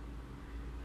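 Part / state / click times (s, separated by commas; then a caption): magnetic clasp on a wristwatch bracelet / not seated / none. The magnetic bracelet clasp of a Titan Raga wristwatch is handled as the watch is put on a wrist, with a low steady hum underneath and a brief bright burst of noise near 0.8 s. The clasp has not yet snapped shut, and nothing has seated or clicked yet.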